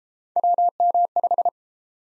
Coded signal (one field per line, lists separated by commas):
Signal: Morse code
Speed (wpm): 33 wpm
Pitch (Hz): 700 Hz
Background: none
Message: WM5